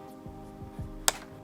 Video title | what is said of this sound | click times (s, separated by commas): Tondeuse Bosch Rotak32 - Elle ne fonctionne plus! On va la réparer (DIY) | on a entendu un petit clip souplesse et bien enclenché de dans les pouilles | 1.1 s